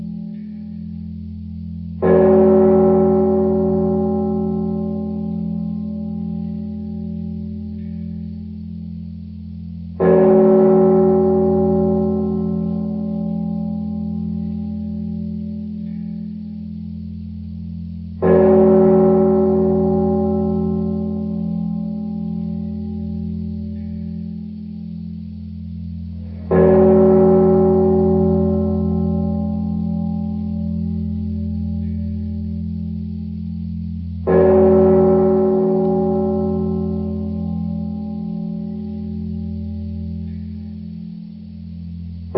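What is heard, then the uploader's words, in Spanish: A clock tower bell strikes five times, roughly every eight seconds, each stroke ringing out with a bright clang and a long, slowly fading tail of overtones. Beneath it runs a steady low hum that continues between strikes. Ruido de la Torre del Reloj. Tomamos el sonido lento de una torre de reloj. El sonido relajante de una torre de reloj.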